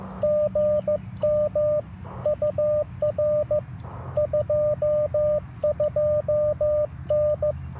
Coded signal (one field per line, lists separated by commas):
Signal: Morse code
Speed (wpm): 15 wpm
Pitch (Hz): 590 Hz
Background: none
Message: GM UR 22N